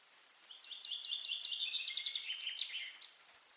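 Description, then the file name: Common chaffinch delivering one cascading song phrase of repeated sweet notes that runs down the scale for about two and a half seconds, with a final accented flourish. "Fringilla coelebs"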